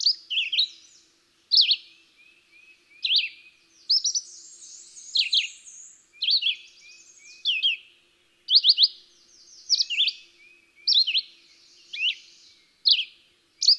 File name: Red-eyed Vireo